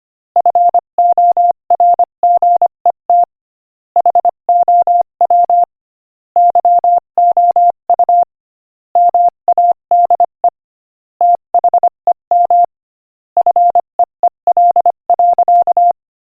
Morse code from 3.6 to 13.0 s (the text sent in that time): HOW YOU MADE THEM